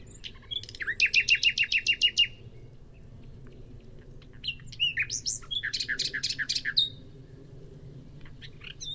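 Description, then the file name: Common nightingale song: a fast series of loud, repeated chopped notes, a pause, then varied twittering and another burst of repeated sharp notes. "Luscinia megarhynchos"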